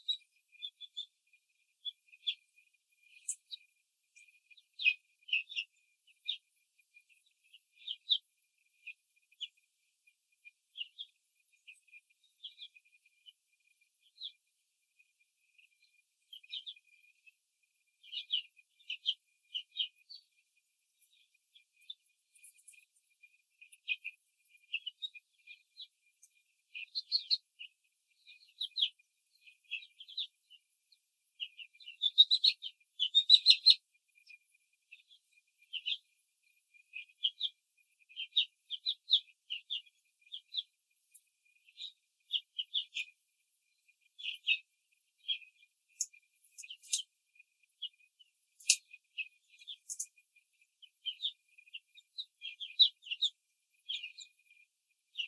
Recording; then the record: young laying hens in a cage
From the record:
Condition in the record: control cage, after the stress test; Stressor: none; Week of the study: 4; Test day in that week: 3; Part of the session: 2